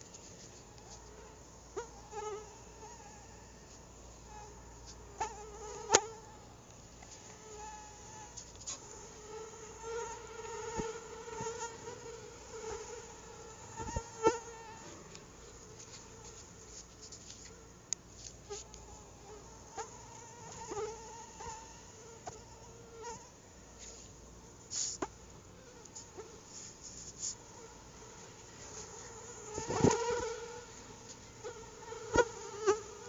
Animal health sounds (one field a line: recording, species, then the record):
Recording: mosquito flight sound by mobile phone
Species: Anopheles atroparvus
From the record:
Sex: female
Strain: EBRO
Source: CDC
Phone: Google Nexus